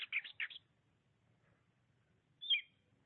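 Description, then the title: Oriental magpie-robin song fragment: a quick burst of harsh chattering notes, a pause, then one sharp downslurred whistle. "Suara Kicauan Burung Kacer Durasi Panjang"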